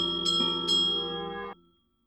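A bell clangs in a few quick, insistent strikes as Messle Thierry rings it violently, its bright ringing tones overlapping and sustaining before stopping abruptly.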